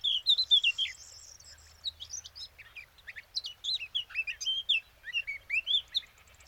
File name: Sylvia atricapilla